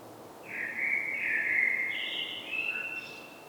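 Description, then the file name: Common blackbird singing a continuous, melodious warble that steps up in pitch midway and ends on a sustained thin higher note; light background hiss. "Turdus merula"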